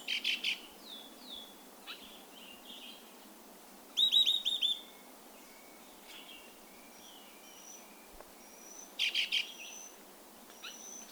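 Violaceous euphonia giving high, thin calls: a few sharp chips, brief clusters of rapid bright notes in three bursts, and soft drawn-out high whistles between them, over a quiet hiss.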